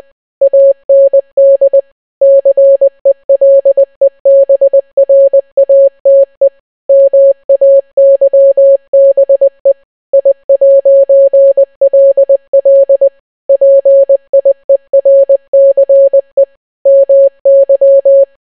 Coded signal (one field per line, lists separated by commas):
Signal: Morse code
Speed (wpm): 20 wpm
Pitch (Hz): 550 Hz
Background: none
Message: AND CELEBRATE MAYBE I'LL PIERCE MY